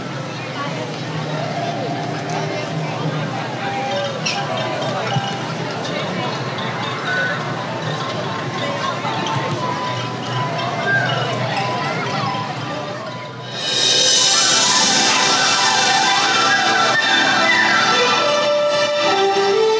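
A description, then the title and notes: Fireworks at a mall: steady crowd chatter for thirteen seconds, then a sudden loud crackling hiss erupts and persists to the end. Disneyland Forever fireworks as heard from Small World Mall. Unfortunately my levels were a little high on the recording.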